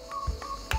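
A small round plastic part is pressed into the rear floor of a 1/8 scale Jaguar Type E model car kit. A short sharp click at 0.7 s shows the part has clipped in, and it is confirmed seated. Faint background music plays throughout.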